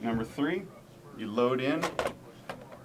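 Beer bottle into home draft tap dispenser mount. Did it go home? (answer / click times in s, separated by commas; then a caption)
no / none. Someone talks while a beer bottle is loaded into the mount of a DraftMark home draft tap system, with brief handling noises and a short sharp sound around 2.5 s. The bottle has not yet been rotated to lock, and nothing has seated or clicked yet.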